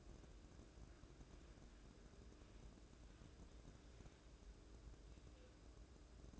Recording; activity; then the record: daily activity, microphone in the room; wipe stove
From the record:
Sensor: 2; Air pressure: 1012.2 hPa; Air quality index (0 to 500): 162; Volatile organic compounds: 2 ppm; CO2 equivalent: 1176 ppm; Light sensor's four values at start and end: 403/1080/403/438 and 402/1077/402/436